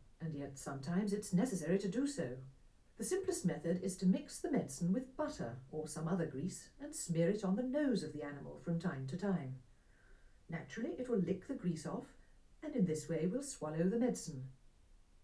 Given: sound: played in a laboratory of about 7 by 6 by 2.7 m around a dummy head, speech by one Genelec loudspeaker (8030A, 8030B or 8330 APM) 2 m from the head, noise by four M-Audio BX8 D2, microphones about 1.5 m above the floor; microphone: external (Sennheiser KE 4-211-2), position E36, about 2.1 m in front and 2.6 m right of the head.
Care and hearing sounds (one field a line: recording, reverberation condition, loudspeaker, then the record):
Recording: female speech in English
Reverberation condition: low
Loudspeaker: behind (180 degrees)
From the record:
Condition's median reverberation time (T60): about 310 ms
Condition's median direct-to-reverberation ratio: about 3.5 dB